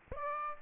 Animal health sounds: mosquito wingbeat signal from an infrared sensor; Aedes aegypti

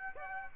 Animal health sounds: mosquito wingbeat signal from an infrared sensor; Aedes aegypti

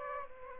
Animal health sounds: mosquito wingbeat signal from an infrared sensor; Aedes aegypti

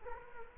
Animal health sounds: mosquito wingbeat signal from an infrared sensor; Culex quinquefasciatus

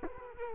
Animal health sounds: mosquito wingbeat signal from an infrared sensor; Culex quinquefasciatus

